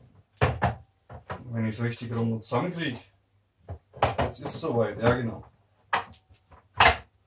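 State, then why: Seated. A flat pleated filter cartridge is pushed back into its plastic filter housing on a Kärcher WD 5 wet/dry vacuum while someone talks. After some handling knocks, one sharp, loud click at 5.9 s marks the cartridge latching in place. It is seated.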